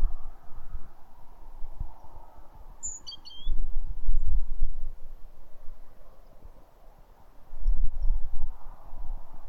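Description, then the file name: Great tit call, one short high phrase of falling chirped notes, heard once amid low rumbling noise that swells and fades. "Parus major"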